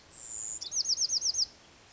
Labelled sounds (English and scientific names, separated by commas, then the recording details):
Bewick's Wren (Thryomanes bewickii)
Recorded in Sonoma County, California